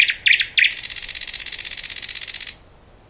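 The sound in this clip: Thrush nightingale song: three harsh, buzzy notes followed by a long, fast, high-pitched rattling trill, closing on a short thin whistle.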